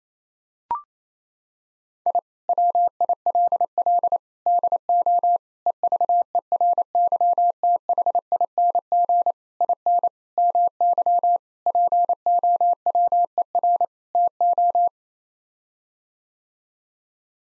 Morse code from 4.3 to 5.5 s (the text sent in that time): DO